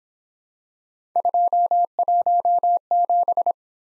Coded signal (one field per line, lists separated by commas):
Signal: Morse code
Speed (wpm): 28 wpm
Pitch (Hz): 700 Hz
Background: none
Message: 217